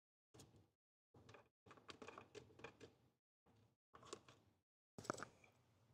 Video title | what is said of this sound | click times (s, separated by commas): How to Upgrade Your Car Radio - Remove Old Stereo, Install New Radio & Wiring Guide (Live Tutorial) | Okay, so we got our tray snapped into place. | 5.1 s, 5.2 s